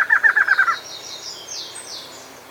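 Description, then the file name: Bird giving a short burst of six quick slurred notes, then soft high buzzy phrases. "SABIOD 50 bird 2015"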